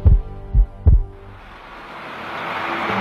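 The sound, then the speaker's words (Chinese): Three deep, muffled heartbeat thumps, a single beat and then a quick pair, give way to a steadily swelling wash of airy, rushing noise. “听见中国，听见未来，中国梦，听见你的心跳。”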